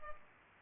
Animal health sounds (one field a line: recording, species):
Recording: mosquito wingbeat signal from an infrared sensor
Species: Culex pipiens